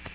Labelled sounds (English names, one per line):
American Redstart flight call